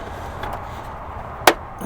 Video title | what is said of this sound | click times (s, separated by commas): DIY BMW Hood Mod That Will Blow Your Mind | and now just click in place, and that's pretty much it. | 1.5 s